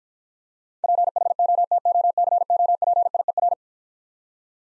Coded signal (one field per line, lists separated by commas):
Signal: Morse code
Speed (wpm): 54 wpm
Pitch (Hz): 700 Hz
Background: none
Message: PHOTOCOPIER